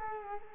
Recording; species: mosquito wingbeat signal from an infrared sensor; Culex quinquefasciatus